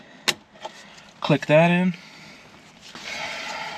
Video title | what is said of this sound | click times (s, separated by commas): 2015-2023 S550 Ford Mustang Fuel Pump Replacement Step-by-Step | fuel line again, click | 0.3 s